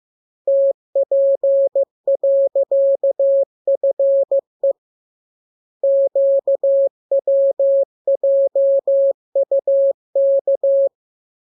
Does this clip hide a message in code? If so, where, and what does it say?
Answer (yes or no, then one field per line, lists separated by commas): yes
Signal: Morse code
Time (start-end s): 0.5-10.9 s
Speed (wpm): 15 wpm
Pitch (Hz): 550 Hz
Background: none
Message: TP.FE QWJUK